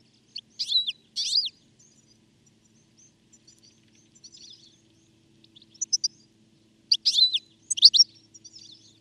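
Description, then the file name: European goldfinch calls: bright, liquid twittering notes in short bursts near the start, a quiet gap with faint chatter, then a rapid cluster of ringing calls toward the end. "Carduelis carduelis"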